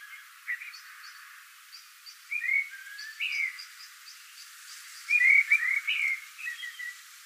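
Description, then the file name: Common blackbird singing short mellow whistled phrases at intervals, each followed by faint high twitters, growing louder toward the end. "Turdus merula"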